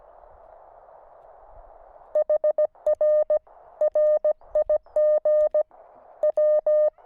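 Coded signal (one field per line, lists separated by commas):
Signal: Morse code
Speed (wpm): 17 wpm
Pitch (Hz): 610 Hz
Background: none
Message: HR RIG W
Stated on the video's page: QRP portable station using a Weber MTR with 4S tuner and QRPGuys tri-band vertical antenna, operated while camping.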